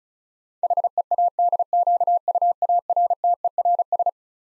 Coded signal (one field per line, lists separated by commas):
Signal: Morse code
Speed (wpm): 36 wpm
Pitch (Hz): 700 Hz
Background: none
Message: HEADQUARTERS